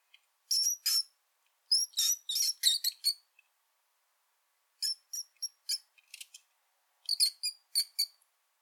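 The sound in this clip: Mouse squeaks: thin, very high chirping squeaks in quick clusters, separated by short silent pauses, with nothing else audible.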